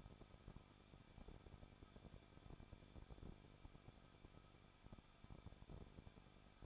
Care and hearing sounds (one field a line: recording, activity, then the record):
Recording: daily activity, microphone in the room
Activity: no activity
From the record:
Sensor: 5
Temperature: 20.9 degrees Celsius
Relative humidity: 38.1%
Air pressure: 1006.4 hPa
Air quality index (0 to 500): 187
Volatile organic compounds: 18 ppm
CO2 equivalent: 2624 ppm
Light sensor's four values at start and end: 2/3/1/1 and 2/3/1/1